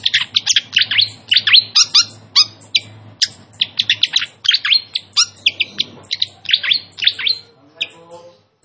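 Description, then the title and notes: Malaysian pied fantail delivering a steady stream of sharp, high chirps at a brisk even pace, with a low steady hum beneath most. Song recording made for training caged birds, featuring a clear voice, with the sound of trickling water; also called Sikatan Londo. "Masteran Sikatan Kipas Suara Jernih Dan Suara Gemericik Air. Suara Burung Sikatan Londo"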